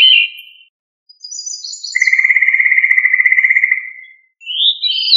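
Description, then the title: Thrush song: a high twittering phrase leads into a long steady trill, then a pause and a whistled upward-sliding phrase. Sabiá, of the thrush family Turdidae. "Familia Turdidae - Sabia"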